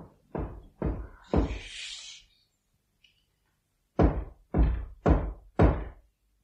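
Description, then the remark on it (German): Heavy knocking on the door of a study: three loud thuds with a brief hiss after them, a pause of about two seconds, then four more evenly spaced, forceful knocks. “Wer klopft so laut an die Tür meines Studios?”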